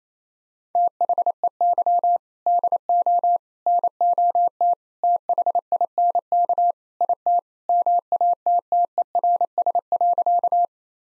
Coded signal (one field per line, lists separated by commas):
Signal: Morse code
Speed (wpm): 28 wpm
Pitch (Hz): 700 Hz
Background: none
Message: THEY DO NOT THINK IT MATTERS.